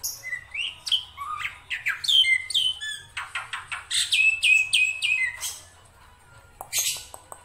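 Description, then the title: Black-winged myna song, a rapid mix of sharp chirps, squeaky notes and harsh bursts, with a few clicks near the end. Described as a dense, lively song with many variations, used as a master recording for training songbirds. "Kicauan Rapat Jalak Putih Gacor Banyak Variasi Untuk Masteran"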